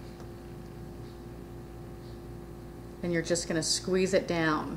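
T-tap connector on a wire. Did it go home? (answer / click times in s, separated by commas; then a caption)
no / none. Pliers are set on a plastic T-tap connector around a wire before it is squeezed shut. A quiet, steady hum runs for about three seconds, then someone talks until the end. Nothing has clicked yet.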